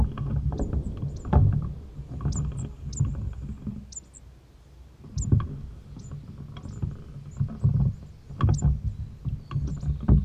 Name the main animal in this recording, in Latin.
Periparus ater